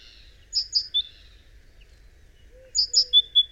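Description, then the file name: Great tit calls, two bursts of high, clipped chirps separated by a pause, with faint low whistles beneath the second. "Parus major"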